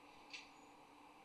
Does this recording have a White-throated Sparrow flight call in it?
no